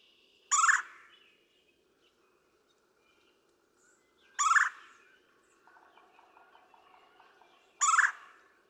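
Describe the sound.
Red-bellied woodpecker calling three times, harsh rolling kwirr notes spaced roughly every three to four seconds, with a soft low rattling sound between the later calls.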